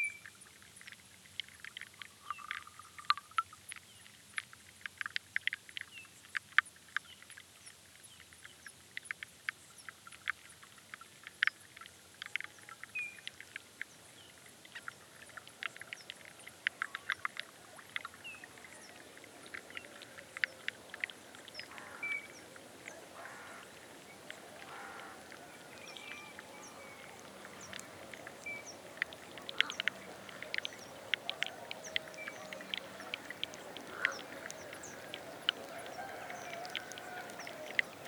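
A floodplain soundscape full of dense, irregular clicks and ticks, with short bird-like chirps and calls scattered throughout. From about the middle onward a steady low wash grows beneath them, and the calls become busier and more layered toward the end.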